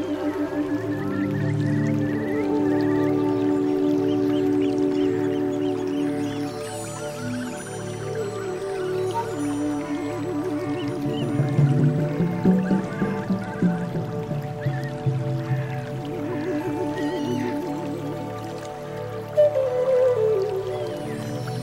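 Soft sustained flute tones float over a steady watery rainforest bed, with light bird chirps scattered throughout and brief louder swells near twelve and twenty seconds.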